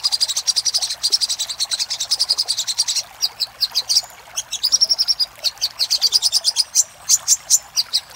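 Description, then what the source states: Little spiderhunter song: a dense fast trill of high notes, then looser chips and a short whistled phrase before rapid notes resume. Master recording made for training cage birds.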